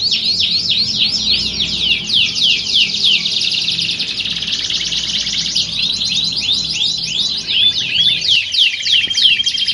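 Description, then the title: Canary song, looping whistled phrases and fast rolling trills, a brief clear tone near the end among ongoing chatter. Belgian canary; warm-up song used for singing contest training, simulating a contest to train a champion canary's mentality. "Canto Para Esquentar Canário Belga. Simulasi Lomba Kenari. Suara Kenari Lomba. Melatih Mental Kenari Juara"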